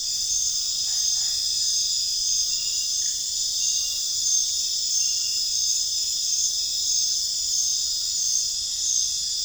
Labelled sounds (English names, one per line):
none